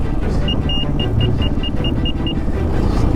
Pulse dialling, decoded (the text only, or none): none